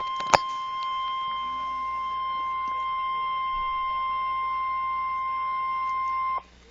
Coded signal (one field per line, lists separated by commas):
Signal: Emergency Alert System (SAME) tones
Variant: 1050 Hz attention tone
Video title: EAS 13 - Tornado Warning for Gray TX